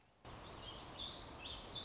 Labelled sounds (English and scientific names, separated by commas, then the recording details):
Song Sparrow (Melospiza melodia)
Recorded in Sonoma County, California